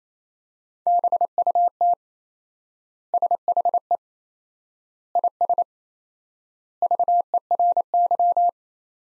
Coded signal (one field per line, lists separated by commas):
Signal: Morse code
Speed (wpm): 28 wpm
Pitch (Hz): 700 Hz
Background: none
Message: BUT SHE IS VERY